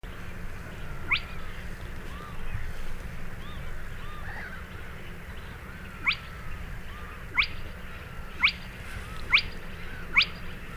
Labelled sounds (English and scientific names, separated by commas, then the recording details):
Spotted Crake (Porzana porzana)
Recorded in the wild
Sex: male
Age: adult
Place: Kützerhof, Kummerower See, Mecklenburg-Vorpommern, DE
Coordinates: 53.8558, 12.8656
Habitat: wetland
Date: 2008-06-10
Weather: ca. 15°C, fast windstill
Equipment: Sound Devices 702, Sennheiser MKH 70, Windkorb
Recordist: Frommolt, Karl-Heinz